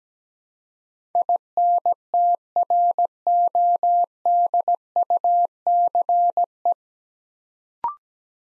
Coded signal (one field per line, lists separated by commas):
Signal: Morse code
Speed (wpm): 17 wpm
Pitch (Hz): 700 Hz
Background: none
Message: INTRODUCE